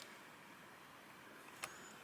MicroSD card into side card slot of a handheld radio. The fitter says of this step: press it with your finger and you should hear it click.